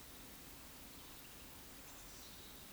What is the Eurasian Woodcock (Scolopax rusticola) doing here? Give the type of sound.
whistle, croak